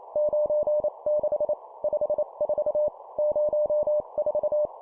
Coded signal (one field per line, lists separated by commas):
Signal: Morse code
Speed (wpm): 28 wpm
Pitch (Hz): 600 Hz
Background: none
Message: 96 54 04